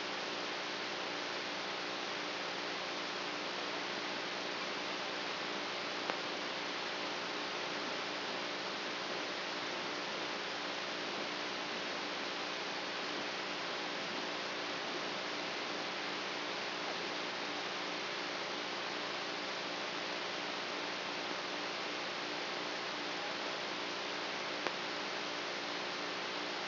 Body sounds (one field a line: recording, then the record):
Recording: brain microelectrode recording played as sound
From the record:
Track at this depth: inside the subthalamic nucleus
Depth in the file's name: 2.804 mm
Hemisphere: right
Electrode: 3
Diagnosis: Parkinson's disease